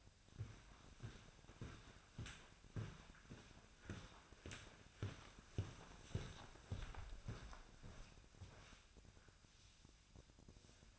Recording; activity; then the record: daily activity, microphone in the room; walk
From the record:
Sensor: 2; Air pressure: 1009.2 hPa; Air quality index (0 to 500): 179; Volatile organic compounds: 2 ppm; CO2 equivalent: 1307 ppm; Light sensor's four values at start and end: 48/124/53/59 and 49/127/54/61